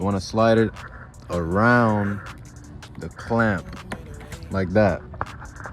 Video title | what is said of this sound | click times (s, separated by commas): CB7 Accord Gets TLC! Junkyard Finds & DIY Fixes (Door Handle & Radiator Cap) 🔧 | You heard it snap. Maybe you didn't. Maybe you did. | 5.2 s